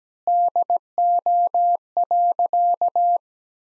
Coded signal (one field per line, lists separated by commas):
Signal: Morse code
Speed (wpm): 17 wpm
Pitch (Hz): 700 Hz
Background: none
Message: DO.